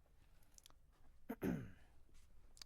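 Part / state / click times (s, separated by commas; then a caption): pedal spindle into crank arm / not seated / none. A bicycle pedal spindle that has been threaded by hand into an aluminum crank arm as far as fingers allow, going in smoothly and not cross-threaded, is handled before it is tightened with a pedal wrench. Small sharp ticks come at about 0.6–0.7 s and 2.6 s, with a louder, brief rustling clatter around 1.3–1.5 s. Nothing has seated or clicked yet.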